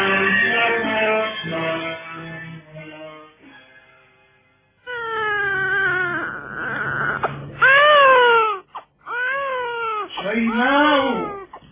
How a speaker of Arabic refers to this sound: يبكي جوعا